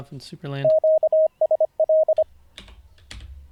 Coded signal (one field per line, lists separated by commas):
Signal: Morse code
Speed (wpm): 25 wpm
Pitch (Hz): 630 Hz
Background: speech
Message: QSL